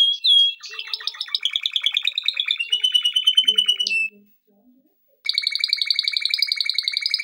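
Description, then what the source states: Canary song of rapid rattling trills sliding between pitches, a brief pause, then a bright fast-repeated trill of high notes. Song used for training.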